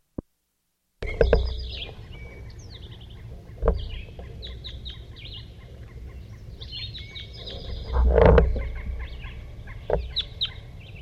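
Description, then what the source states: Crossbill calls: scattered short, sharp chirps and chips over steady low rumbling background noise, with a louder burst near eight seconds. Loud crossbill of a large race, in the same position as before.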